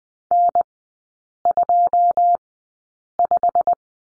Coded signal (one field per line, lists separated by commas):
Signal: Morse code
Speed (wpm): 20 wpm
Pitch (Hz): 700 Hz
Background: none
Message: N25